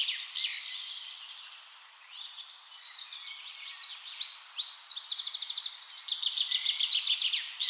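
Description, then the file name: Eurasian wren singing: soft, slightly blurred notes at first, then building into a loud, rapid series of high chips and ringing trills running to the end. "Troglodytes troglodytes"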